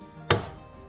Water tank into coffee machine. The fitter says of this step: till you hear we click